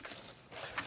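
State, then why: Not seated. A plastic resin wicker side panel for an EasyUp 100 gallon outdoor deck box is being handled and lined up with its mating slot on the box frame. Two brief, faint knocks are heard at about 0.1 and 0.8 seconds over a low background hiss. Nothing has seated or clicked into place yet.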